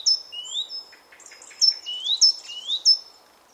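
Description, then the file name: Great tit calls: high thin whistles alternating with short rising slurred notes, several phrases in quick succession over a faint background hiss. "Parus major"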